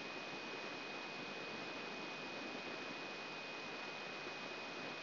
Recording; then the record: brain microelectrode recording played as sound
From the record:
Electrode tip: inside the subthalamic nucleus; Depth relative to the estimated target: 2 mm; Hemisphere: left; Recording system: AlphaMap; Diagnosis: Parkinson's disease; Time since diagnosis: 7 years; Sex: female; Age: 56 years